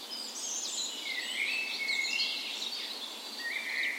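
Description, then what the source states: Birds (dawn chorus): several songbirds sing together, a smooth whistled line weaving through softer high twitters and chirps. Spring dawn chorus in a park west in Bergen, Norway, morning of 17 May, National Day; recorded with Sony PCM A10 and LOM Usi microphones as tree ears.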